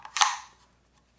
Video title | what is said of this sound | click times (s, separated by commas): Dyson V10 Absolute Cordless Vacuum Unboxing And First Use Impression | locks into place right like that okay so it's a multi-use tool | 0.2 s